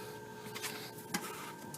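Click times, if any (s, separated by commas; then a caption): 1.2 s. A plastic wiring connector is plugged back onto an engine temperature sensor so the temperature gauge will work. Over a steady mechanical hum, a sharp snap at 1.2 s marks the connector seating, followed by a softer tick near 1.7 s.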